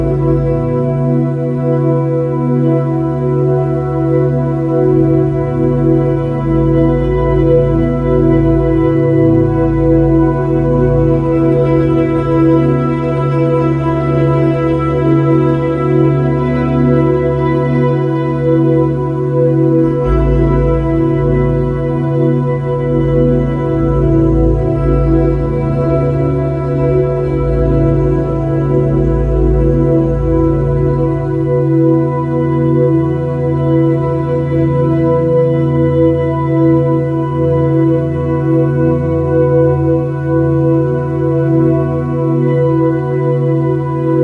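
A steady, sustained drone of layered low tones hums without pause, with a deep pulsing throb at the bottom that shifts slightly around 20 and 32 seconds. Fainter ringing overtones shimmer above, and the level stays even throughout, with no distinct fly sounds standing out.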